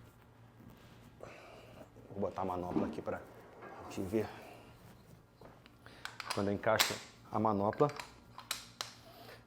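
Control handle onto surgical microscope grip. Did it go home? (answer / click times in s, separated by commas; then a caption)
yes / 8.8 s. A detachable control handle is fitted onto the grip of a surgical microscope while someone talks. Sharp snaps are heard as it engages, and the handle seats with a click at 8.8 s.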